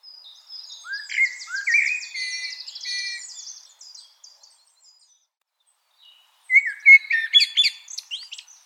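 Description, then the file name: Common blackbird song: fluted warbling phrases ending in high, thin twitters, a pause, then another brief phrase with squeaky high notes. "Turdus merula"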